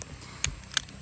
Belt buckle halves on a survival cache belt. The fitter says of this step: the buckle is a really really good design it's simple all it does is just kind of snap in place